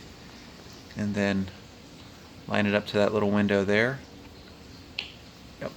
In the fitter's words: Hear that little snap? I know you guys heard it.